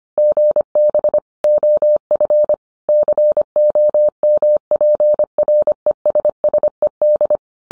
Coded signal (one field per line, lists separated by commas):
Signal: Morse code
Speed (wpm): 25 wpm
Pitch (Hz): 600 Hz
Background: none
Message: GB OF COMPRESSED